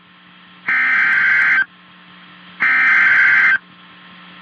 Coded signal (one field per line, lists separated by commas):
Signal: Emergency Alert System (SAME) tones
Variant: header bursts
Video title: Oh Jacksonville... EAS Alerts From 2/6/21 (EAS #161 - #165)